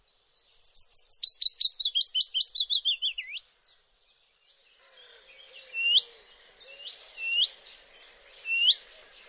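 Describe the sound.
Bird singing a fast run of high chirps that slide downward, followed by softer scattered notes and a few separate upswept calls.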